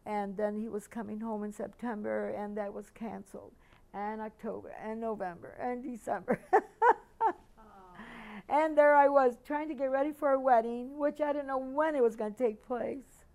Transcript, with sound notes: And then he was coming home in September, and that was cancelled, and October, and November, and December. [Laughs]
Oh!
And there I was trying to get ready for a wedding which I didn't know when it was going to take place.